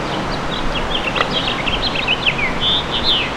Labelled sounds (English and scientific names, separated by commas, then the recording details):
House Finch (Haemorhous mexicanus) song
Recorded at Amityville on Long Island, New York, on 12 June 2013
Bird B